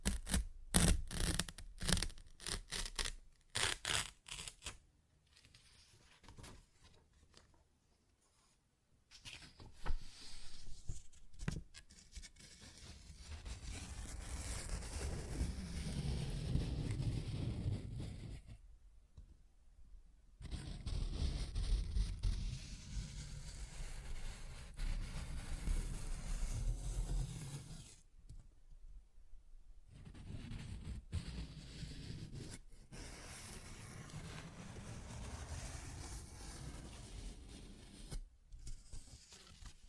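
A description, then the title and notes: Paper is ripped and torn, opening with a quick run of short, sharp rips over the first few seconds. After a brief lull, longer rough tearing runs steadily for several seconds at a time, broken by two short silences, the last stretch somewhat softer. ASMR Paper Ripping Tearing Sounds (No Talking).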